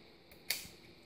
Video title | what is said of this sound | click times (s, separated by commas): HP 15 Laptop hard drive replacement or SSD upgrade | see snaps right in | 0.5 s